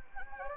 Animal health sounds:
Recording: mosquito wingbeat signal from an infrared sensor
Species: Anopheles gambiae

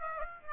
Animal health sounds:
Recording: mosquito wingbeat signal from an infrared sensor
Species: Aedes aegypti

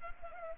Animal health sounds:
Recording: mosquito wingbeat signal from an infrared sensor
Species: Culex pipiens

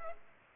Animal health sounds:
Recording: mosquito wingbeat signal from an infrared sensor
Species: Culex pipiens

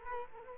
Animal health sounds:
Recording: mosquito wingbeat signal from an infrared sensor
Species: Culex quinquefasciatus

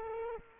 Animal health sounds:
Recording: mosquito wingbeat signal from an infrared sensor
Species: Culex quinquefasciatus

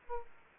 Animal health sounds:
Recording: mosquito wingbeat signal from an infrared sensor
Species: Aedes aegypti

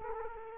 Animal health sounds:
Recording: mosquito wingbeat signal from an infrared sensor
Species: Culex quinquefasciatus

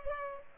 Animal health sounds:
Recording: mosquito wingbeat signal from an infrared sensor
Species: Culex pipiens

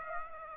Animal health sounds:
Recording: mosquito wingbeat signal from an infrared sensor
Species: Aedes aegypti

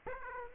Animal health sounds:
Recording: mosquito wingbeat signal from an infrared sensor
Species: Aedes aegypti

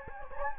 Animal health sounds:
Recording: mosquito wingbeat signal from an infrared sensor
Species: Anopheles gambiae

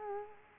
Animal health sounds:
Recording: mosquito wingbeat signal from an infrared sensor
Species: Culex quinquefasciatus

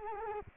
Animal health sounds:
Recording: mosquito wingbeat signal from an infrared sensor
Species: Culex quinquefasciatus

